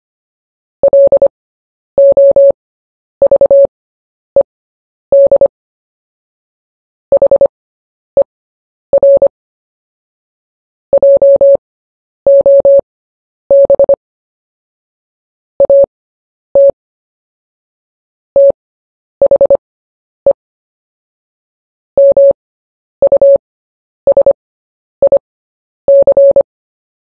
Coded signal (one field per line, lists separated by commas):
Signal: Morse code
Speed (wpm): 25 wpm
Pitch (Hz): 560 Hz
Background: none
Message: LOVED HER JOB AT THE MUSIC